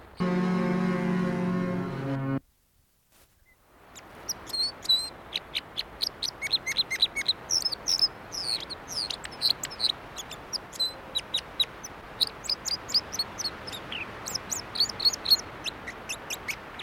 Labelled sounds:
Red Crossbill song

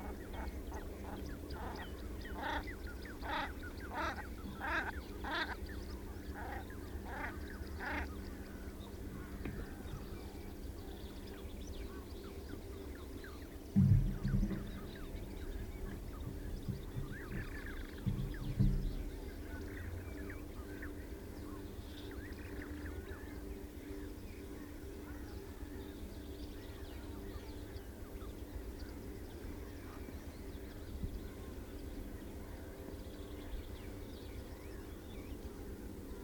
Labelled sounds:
Common Shelduck courtship call

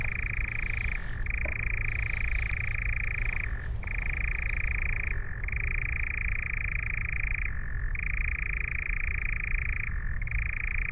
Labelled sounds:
Eurasian Nightjar song

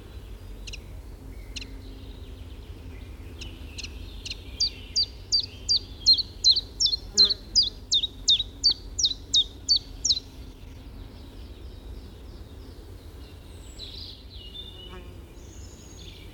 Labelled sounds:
Common Chiffchaff song

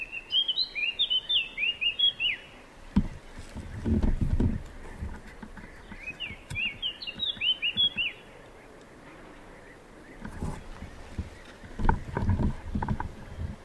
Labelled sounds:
Eurasian Blackcap song

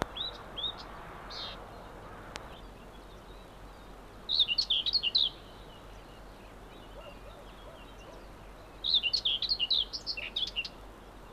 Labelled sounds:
Common Whitethroat song

